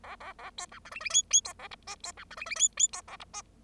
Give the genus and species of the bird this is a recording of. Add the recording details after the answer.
Lonchura striata domestica. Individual Bird0